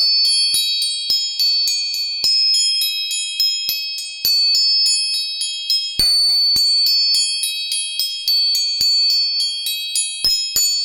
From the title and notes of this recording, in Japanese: 音叉チューニング。